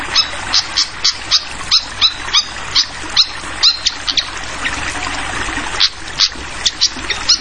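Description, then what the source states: Flycatcher song: sharp, high chirps repeated in a quick, steady series over a steady hiss of flowing water. Called sikatan kipas, also sikatan londo; clear song mixed with the sound of trickling water, used as a masteran tutoring track for songbirds.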